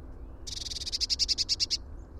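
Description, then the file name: Eurasian blue tit trill call: a fast run of high notes that grows louder toward its end, lasting just over a second, over a low hum. "Cyanistes caeruleus"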